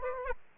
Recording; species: mosquito wingbeat signal from an infrared sensor; Aedes aegypti